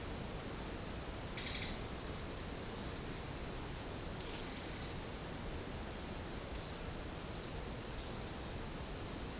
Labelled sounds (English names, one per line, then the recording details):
none
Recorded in dense forest near Puerto Asís, Putumayo, Colombia, on 13 March 2025 at 15:00
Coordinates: 0.467, -76.328
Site G041